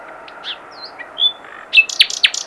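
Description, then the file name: Common nightingale song opening with soft, sliding whistles, then breaking into a quick series of loud, repeated, punchy notes. "Luscinia megarhynchos"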